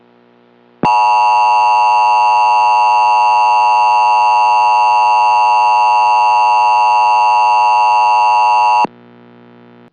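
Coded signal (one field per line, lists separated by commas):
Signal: Emergency Alert System (SAME) tones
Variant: 853 and 960 Hz attention tone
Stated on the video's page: Fictional EAS scenario, not a real alert.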